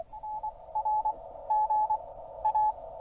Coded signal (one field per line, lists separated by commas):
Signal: Morse code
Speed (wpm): 23 wpm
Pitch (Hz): 860 Hz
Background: radio noise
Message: NR G A